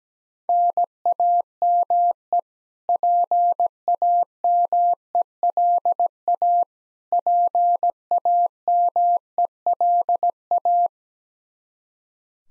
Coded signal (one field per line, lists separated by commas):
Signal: Morse code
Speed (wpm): 17 wpm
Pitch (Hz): 700 Hz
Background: none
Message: NAME PAMELA PAMELA